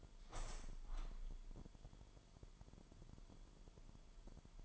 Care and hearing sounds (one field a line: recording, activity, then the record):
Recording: daily activity, microphone in the room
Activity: open window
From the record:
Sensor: 5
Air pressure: 998.0 hPa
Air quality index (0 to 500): 97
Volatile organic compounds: 2 ppm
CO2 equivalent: 1108 ppm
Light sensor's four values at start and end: 26/64/26/29 and 27/64/26/29